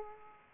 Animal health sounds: mosquito wingbeat signal from an infrared sensor; Aedes aegypti

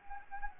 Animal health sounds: mosquito wingbeat signal from an infrared sensor; Anopheles arabiensis

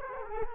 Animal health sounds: mosquito wingbeat signal from an infrared sensor; Culex quinquefasciatus

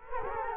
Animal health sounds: mosquito wingbeat signal from an infrared sensor; Culex quinquefasciatus

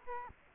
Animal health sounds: mosquito wingbeat signal from an infrared sensor; Culex quinquefasciatus

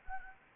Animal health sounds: mosquito wingbeat signal from an infrared sensor; Anopheles arabiensis

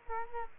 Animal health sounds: mosquito wingbeat signal from an infrared sensor; Culex quinquefasciatus

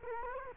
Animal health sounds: mosquito wingbeat signal from an infrared sensor; Culex quinquefasciatus

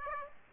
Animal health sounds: mosquito wingbeat signal from an infrared sensor; Aedes aegypti

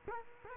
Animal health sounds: mosquito wingbeat signal from an infrared sensor; Culex quinquefasciatus

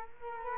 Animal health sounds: mosquito wingbeat signal from an infrared sensor; Culex quinquefasciatus

